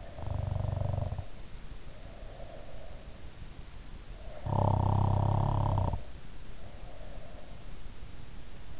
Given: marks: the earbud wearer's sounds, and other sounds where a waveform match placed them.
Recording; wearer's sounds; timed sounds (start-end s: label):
sounds in sleep by an in-ear microphone; snoring breath
0.00-3.03 s: snoring breath
4.57-7.77 s: snoring breath